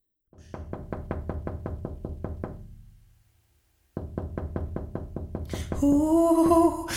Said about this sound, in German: Der Geist meint jetzt, es sei noch immer Mitternacht und gibt daher ständig Klopfgeräusche von sich.